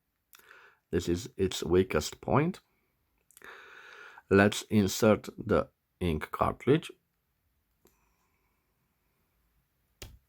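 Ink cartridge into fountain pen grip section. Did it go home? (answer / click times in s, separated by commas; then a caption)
yes / 10.0 s. Someone talks while a plastic ink cartridge is pushed firmly onto the nib section of a metal-bodied Carrefour metallic silver fountain pen. A sharp click at 10.0 s marks the cartridge seating into place.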